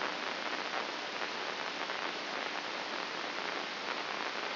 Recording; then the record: brain microelectrode recording played as sound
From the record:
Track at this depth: outside the subthalamic nucleus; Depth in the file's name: 7.828 mm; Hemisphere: left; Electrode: 2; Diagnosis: Parkinson's disease